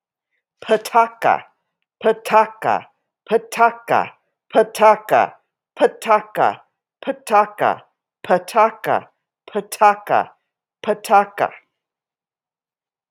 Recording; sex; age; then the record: repeated syllables /pa ta ka/; female; 60 to 69 years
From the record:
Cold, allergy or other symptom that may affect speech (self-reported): no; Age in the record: 63 years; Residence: Texas, United States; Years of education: 16